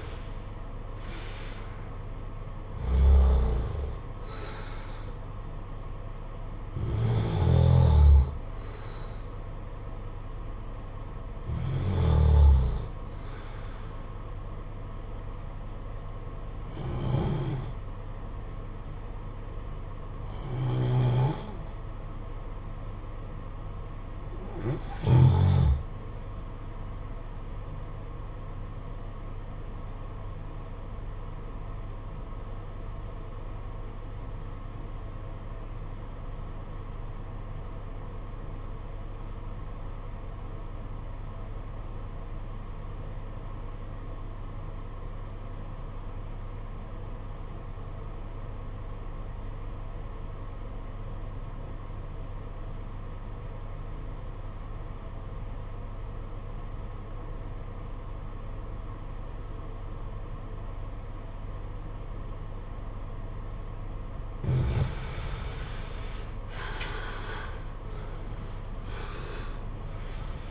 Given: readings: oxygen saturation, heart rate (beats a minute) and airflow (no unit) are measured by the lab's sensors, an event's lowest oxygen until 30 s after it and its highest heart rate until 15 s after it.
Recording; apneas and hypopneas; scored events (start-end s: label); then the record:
breathing in sleep by a smartphone at the bedside; 1
30.00-66.00 s: obstructive apnea (REM, oxygen 95% highest, then 71% lowest, heart rate 61 at the start, 91 highest)
From the record:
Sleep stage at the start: REM sleep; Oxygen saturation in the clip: 75 to 95%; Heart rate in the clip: 48 to 82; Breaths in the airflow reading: 10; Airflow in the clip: -18.0 to 14.0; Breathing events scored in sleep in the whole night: 476 in 9.7 hours asleep